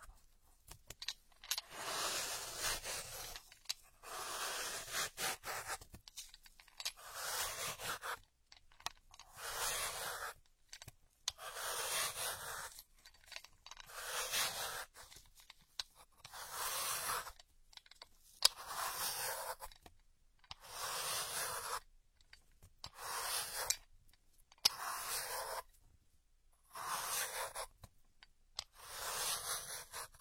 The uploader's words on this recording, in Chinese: 姐姐抠耳朵催眠8（声控助眠）。